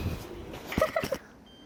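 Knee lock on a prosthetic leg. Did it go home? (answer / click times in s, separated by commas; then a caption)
yes / 0.7 s, 1.0 s. The knee lock on a prosthetic leg is engaged with short mechanical hits, clicking at 0.7 s and 1.0 s, and a further hit follows near 1.1 s. The lock seats, leaving the knee locked so it cannot move or bend.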